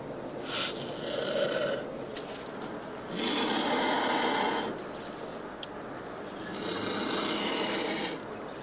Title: Pavanegra. Buitre Negro Americano o Zopilote Cantando Sonido para Llamar